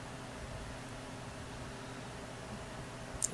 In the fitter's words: you can hear them click if you are in my position okay